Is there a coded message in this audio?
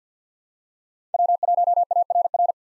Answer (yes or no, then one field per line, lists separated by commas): yes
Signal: Morse code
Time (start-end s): 1.1-2.5 s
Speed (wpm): 50 wpm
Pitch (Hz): 700 Hz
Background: none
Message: W1ARR